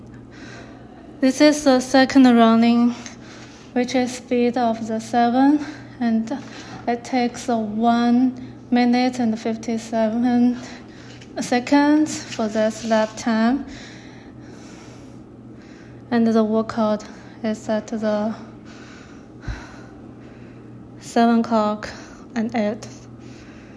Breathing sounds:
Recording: free speech after running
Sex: female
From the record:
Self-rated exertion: moderate exertion (3 of 6)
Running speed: 7 miles an hour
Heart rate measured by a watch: 133 beats a minute at the start, 134 at the end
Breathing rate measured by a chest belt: 20 breaths a minute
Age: 33 years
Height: 155 cm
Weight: 48 kg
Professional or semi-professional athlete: no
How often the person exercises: 3 to 5 times a week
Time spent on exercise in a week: under 1 hour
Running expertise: no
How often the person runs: under once a week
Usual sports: hiking, cycling

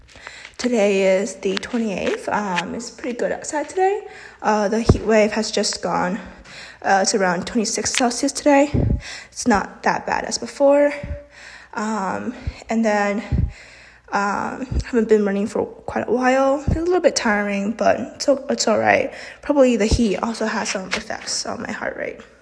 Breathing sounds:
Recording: free speech after running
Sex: female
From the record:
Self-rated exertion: moderate exertion (3 of 6)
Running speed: 5 miles an hour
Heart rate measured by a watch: 146 beats a minute at the start, 142 at the end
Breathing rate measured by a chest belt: 22 breaths a minute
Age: 18 years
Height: 171 cm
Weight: 75 kg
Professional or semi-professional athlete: no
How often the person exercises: 1 to 2 times a week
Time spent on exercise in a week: under 1 hour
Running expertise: no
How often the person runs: 1 to 2 times a week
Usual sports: running, fencing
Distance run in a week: 3 km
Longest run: 21.3 km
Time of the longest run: 190 minutes

